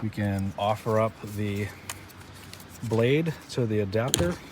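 Someone talks while the rear wiper blade of a 2010 Subaru Outback is offered up to the plastic adapter on the wiper arm, with a brief faint tick around 2.5 s during a pause. The blade is only being handled here; nothing has clicked or seated onto the adapter yet.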